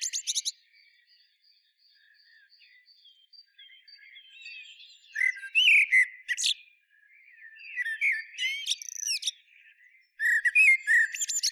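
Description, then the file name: Common blackbird singing: a brief loud burst, then faint soft notes, then loud phrases of rich whistles ending in thin, scratchy high twitters. "Turdus merula"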